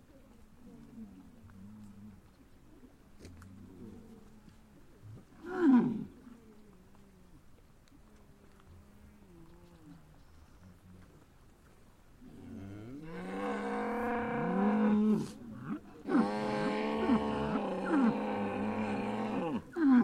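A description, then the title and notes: A cow moos, with low, quiet lowing early on, a short loud call near six seconds, then two long, full moos in the last eight seconds. Cow mooing.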